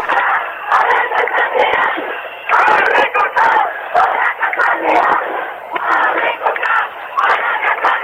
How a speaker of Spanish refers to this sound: A recortar a la Casa Real, son los gritos que estamos escuchando ahora.